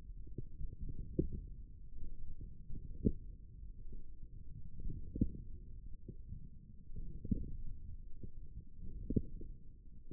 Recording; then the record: forearm muscle sounds (acoustic myography)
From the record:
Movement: forearm supination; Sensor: system 1, eight BSWA MPA416 microphones around the upper forearm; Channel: 1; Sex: male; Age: 20 years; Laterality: left